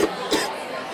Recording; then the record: coughing mixed with background sound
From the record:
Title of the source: 55 gaggy wet cough